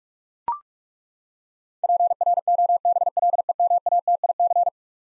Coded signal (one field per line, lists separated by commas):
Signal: Morse code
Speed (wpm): 41 wpm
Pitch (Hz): 700 Hz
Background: none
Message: PROBLEMATIC